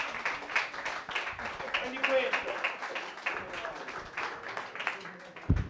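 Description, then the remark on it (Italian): A comedy night crowd claps steadily for several seconds as a new comedian is introduced, a dense patter of many hands with some cheering voices mixed in, ending with a louder thump. “Fate un applauso a quel sacco di merda di”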